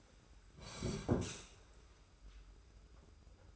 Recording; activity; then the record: daily activity, microphone in the room; sit down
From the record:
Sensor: 2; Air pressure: 991.5 hPa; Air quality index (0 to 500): 178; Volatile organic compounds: 1000 ppm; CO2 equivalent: 5754 ppm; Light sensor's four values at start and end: 25/80/31/30 and 28/87/34/32